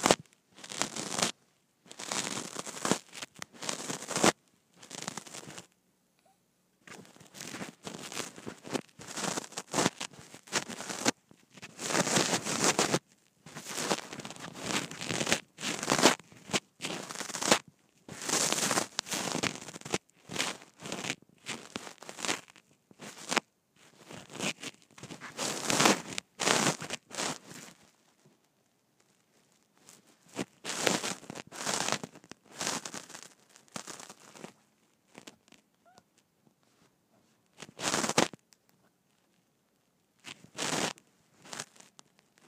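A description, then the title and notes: Rustling of a shirt brushing against a microphone, in bursts of scratchy, bright fabric friction with short silent gaps between them. The rubbing is dense and busy for the first half, then thins after about 28 seconds into sparse, isolated swipes. ASMR Microphone on Shirt.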